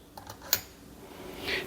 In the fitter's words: I believe this is one of those tampers that clicks when you finish pressing. So, you press down until you hear the click